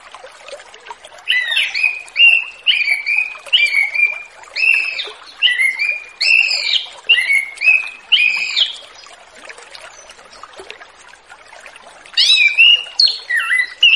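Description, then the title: Orange-headed thrush singing a long, busy series of repeated whistled notes in quick succession, pausing for a few seconds, then starting a new burst. Light hiss underneath. Relaxed, clear-toned song used as a lure for spotted juvenile free-flying birds. "Anis Kembang Ngeplong Santai , Untuk Pancingan Anis Kembang Lepas Trotol"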